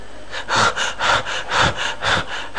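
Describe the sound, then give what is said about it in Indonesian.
A voice imitates the heavy panting of someone who has just woken and sat up in bed, with about seven quick, loud, breathy huffs in a steady rhythm. Each gasp is rough and airy, and there are no words. “Ha, dia bangun, duduk dari kasurnya, terengah-engah dan merasakan sakit.”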